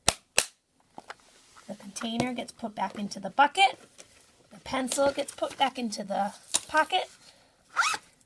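The cover of a plastic card container is pressed back on until it latches, giving two sharp, loud clicks at 0.1 s and 0.4 s. Someone then talks. The lid is seated and latched shut.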